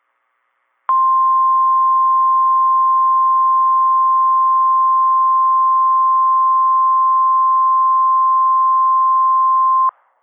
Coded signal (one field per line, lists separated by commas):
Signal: Emergency Alert System (SAME) tones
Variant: 1050 Hz attention tone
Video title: IND's Mid-March SVR's - EAS Alerts from 3/22/26 (EAS #726 - #736)